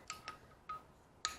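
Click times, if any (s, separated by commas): 1.2 s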